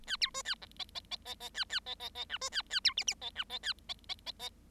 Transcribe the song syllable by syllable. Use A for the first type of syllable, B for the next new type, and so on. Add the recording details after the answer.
A B C A D E E E E E A A E E E F C A A B G G E F E A E E E E. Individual Bird7